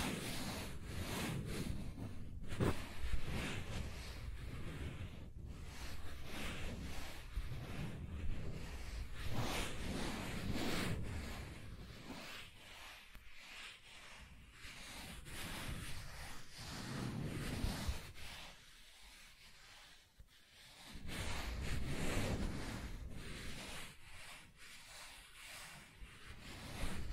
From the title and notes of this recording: ASMR Soft Tracing on Smooth and Rough Surfaces (No Talking).